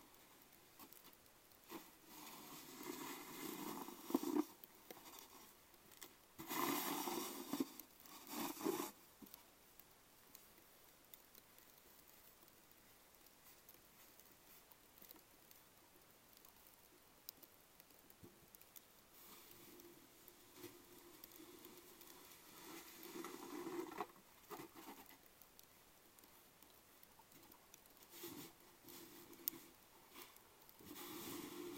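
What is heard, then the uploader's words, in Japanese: Snow shoveling in an alley at dusk, with bursts of scraping around 4, 7–9 and 24 seconds over a steady trickle of flowing water. 夕方雪かき。夕方16時現在、30㎝ほどの積雪。玄関前から家の前の路地の雪かき。路地は基本人力のスコップ除雪。水路の音、雪もしだいにまたよく降り出してくる。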